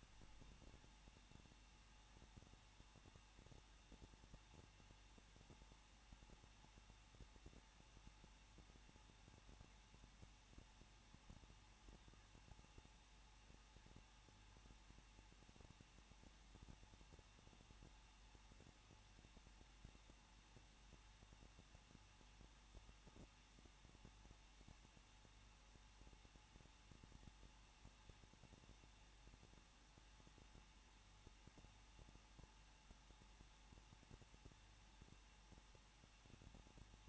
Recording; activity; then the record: daily activity, microphone in the room; no activity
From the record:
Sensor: 1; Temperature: 20.1 degrees Celsius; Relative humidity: 39.2%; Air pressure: 1006.3 hPa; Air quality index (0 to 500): 218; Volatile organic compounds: 77 ppm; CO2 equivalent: 3585 ppm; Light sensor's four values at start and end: 1/2/1/1 and 1/2/1/1